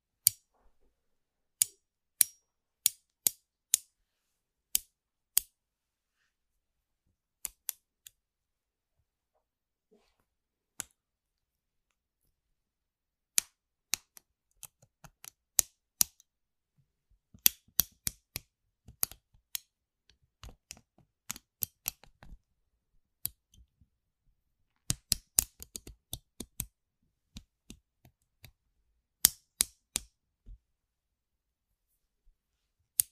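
Household objects make sharp, dry clicks and snaps against near silence. The hits come singly or in quick irregular bursts, with a long gap around ten to thirteen seconds and dense clusters near eighteen and twenty-five seconds. Each click is bright and ends instantly.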